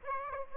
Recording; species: mosquito wingbeat signal from an infrared sensor; Aedes aegypti